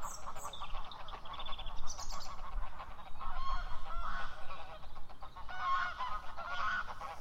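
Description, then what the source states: Goose honks from several birds, harsh and nasal, repeated irregularly over a continuous low rumble. Several geese at Felmersham.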